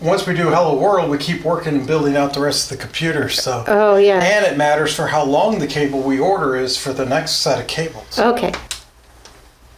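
A PC power cable connector is plugged into a PC component during cable routing. People talk for most of the clip, then after the talk fades a short click is heard at 9.2 s as the latch seats home, confirmed by both people hearing it.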